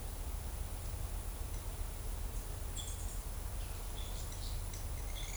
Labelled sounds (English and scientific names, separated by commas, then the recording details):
Tropical Kingbird (Tyrannus melancholicus), Pale-eyed Pygmy Tyrant (Atalotriccus pilaris)
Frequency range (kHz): Tropical Kingbird (Tyrannus melancholicus) 6.2-10.2 kHz; Pale-eyed Pygmy Tyrant (Atalotriccus pilaris) 1.7-8.4 kHz
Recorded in shrubland near Pivijay, Magdalena, Colombia, on 5 June 2023 at 12:00
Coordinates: 10.453, -74.365
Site P5-G022